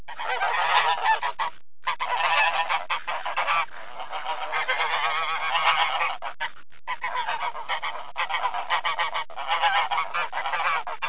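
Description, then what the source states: Goose: geese honking loudly and continuously, many overlapping nasal calls from a flock, with short breaks near two, four and seven seconds. Farm geese.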